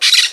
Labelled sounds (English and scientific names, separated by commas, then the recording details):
Brown-throated Parakeet (Eupsittula pertinax) contact call
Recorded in Margarita
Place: Just E of turn-off to San Francisco, near mirador
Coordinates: 11.058, -64.282